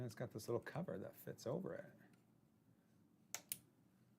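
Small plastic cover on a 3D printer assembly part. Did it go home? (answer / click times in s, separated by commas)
yes / 3.3 s, 3.5 s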